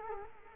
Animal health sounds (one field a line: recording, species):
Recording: mosquito wingbeat signal from an infrared sensor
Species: Culex quinquefasciatus